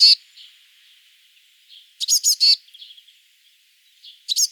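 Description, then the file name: Eurasian blue tit giving one sharp high note, then a quick run of three chattering notes, then faint thin notes before another short burst at the end. "Cyanistes caeruleus"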